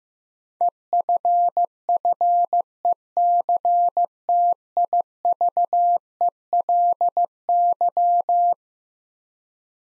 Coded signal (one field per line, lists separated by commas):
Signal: Morse code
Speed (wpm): 15 wpm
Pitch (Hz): 700 Hz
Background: none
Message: EFFECTIVELY